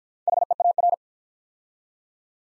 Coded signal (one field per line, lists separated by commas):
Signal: Morse code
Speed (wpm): 49 wpm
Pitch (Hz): 700 Hz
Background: none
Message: HEAR